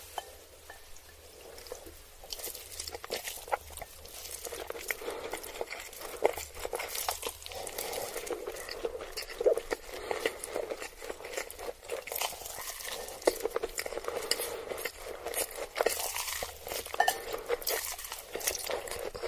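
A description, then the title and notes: Someone eating ramen noodles and chicken nuggets, with dense, irregular crackly chewing and slurping clicks throughout, plus occasional cutlery taps and faint speech. Eating ramen noodles and chicken nuggets.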